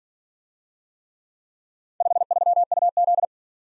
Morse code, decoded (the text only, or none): 53UZ